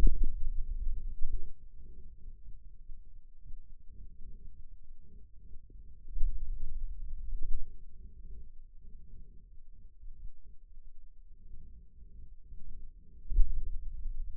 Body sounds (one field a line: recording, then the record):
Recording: forearm muscle sounds (acoustic myography)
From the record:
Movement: pen grasping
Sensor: system 2, bracelet of six BSWA MPA416 microphones around the upper forearm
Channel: 1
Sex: male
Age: 22 years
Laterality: right